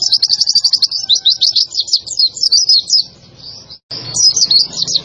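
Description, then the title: White-eye song: fast, high twittering phrases in a continuous run, a short silence, then another bright chattering burst. Training recording for cage birds, described as gacor, meaning vigorous, frequent singing. "Pleci Gacor 02. Masteran Burung PLECI Paling DICARI Untuk Cetak PRESTASI"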